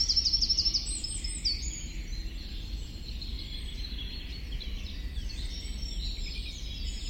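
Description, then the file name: Eurasian wren opening with a sharp high trill, then fainter scattered high notes over a constant low rumble. "Troglodytes troglodytes"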